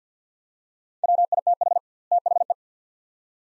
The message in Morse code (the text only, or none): WITH THE